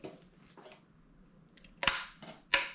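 An oil drain plug is tightened into the engine oil sump of a Kia/Hyundai 1.4 T-GDi 140 hp petrol turbo during an oil change, using a torque wrench. After soft scraping and handling noises, the wrench gives sharp clicks at 1.8 and 1.9 s as it reaches its setting, followed by another sharp click around 2.5 s. The plug is torqued to spec.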